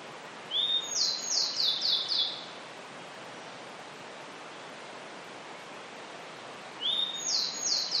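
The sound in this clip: Grey bunting song: a full phrase of a thin whistle and several high notes, then a quiet gap and the start of another phrase.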